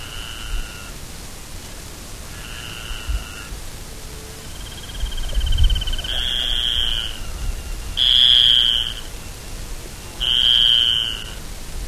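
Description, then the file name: Ocellated crake calls: level, sustained notes repeated about every two seconds, growing louder toward the end, with low rumbling background noise. "Micropygiaschomburgkii"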